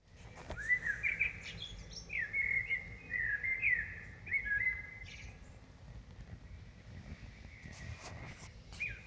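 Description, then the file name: Common blackbird song, a run of rich whistled notes in quick succession, then quieter, over low rumbling background noise. Recorded in Dresden. "DRESDE Merle"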